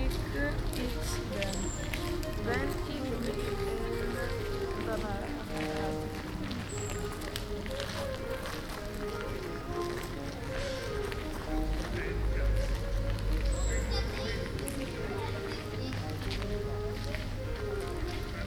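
A walk through an open air art exhibition in The Hague: continuous overlapping chatter, footsteps, a low rumble near twelve seconds, occasional bird chirps.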